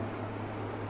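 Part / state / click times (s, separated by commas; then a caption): latch bolt of a digital password lock on a box / not seated / none. The latch bolt of an Ozone digital password lock on a box is handled after the lock has been opened. Only a steady low hum with broadband noise is heard, with no sharp transients. Nothing has clicked or seated yet.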